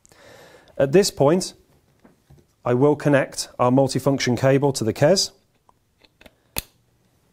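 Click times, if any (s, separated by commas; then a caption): 6.6 s. A multi-function cable plug is pushed into the port of an Alientech KESS3 ECU tuning tool in bench mode and latches, giving a firm clip-in connection. Someone talks, a few faint ticks follow, and a sharp click at 6.6 s marks the plug seating.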